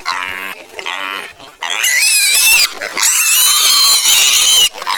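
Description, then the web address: Piglet giving two shorter calls, then two long piercing squeals that fill most. Piglet (young pig). "Pigs -Piglet. Baby"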